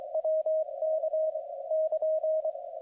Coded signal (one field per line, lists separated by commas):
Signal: Morse code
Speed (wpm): 21 wpm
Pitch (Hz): 620 Hz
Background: radio noise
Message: WK <KN>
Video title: 2025-09-18 Ham radio contacts - Chapters in the description